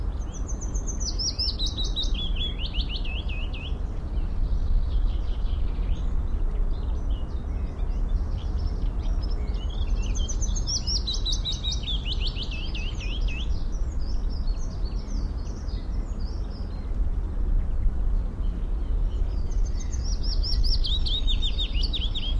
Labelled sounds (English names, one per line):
Willow Warbler